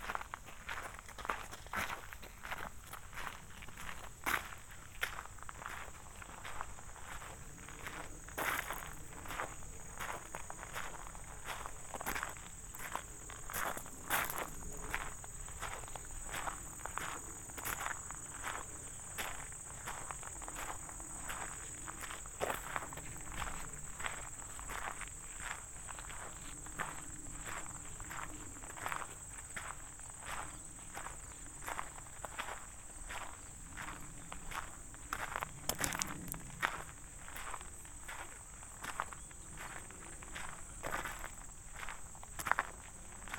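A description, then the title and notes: Steady footsteps crunch along an outdoor path, with a constant high insect buzz overhead and faint low rumble in the background. Walk in Rockefeller State Park Preserve. A binaural field recording of a walk from the parking area around Swan Lake.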